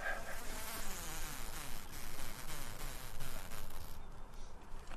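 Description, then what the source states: Honey bee drones buzzing, a steady low droning hum. Male drones made to buzz heavily while their semen is harvested in a lab for crossbreeding queens.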